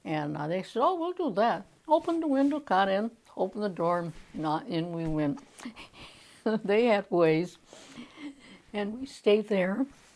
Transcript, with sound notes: and they said, "Oh, we'll do that." Opened a window, got in. Opened the door and in we went. [Laughs] They had ways. And we stayed there.